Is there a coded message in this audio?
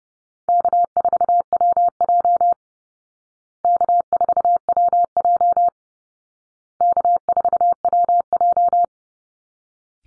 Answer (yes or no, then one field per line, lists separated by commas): yes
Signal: Morse code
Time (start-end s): 0.5-8.8 s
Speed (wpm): 30 wpm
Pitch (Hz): 700 Hz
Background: none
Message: K4WJ K4WJ K4WJ